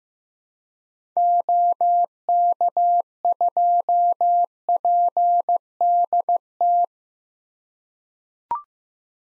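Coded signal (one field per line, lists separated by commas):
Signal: Morse code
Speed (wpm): 15 wpm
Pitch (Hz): 700 Hz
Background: none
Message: OK2PDT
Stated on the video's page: Morse drill of common SOTA activator callsigns at 15 wpm; each is sent, spoken, then sent again.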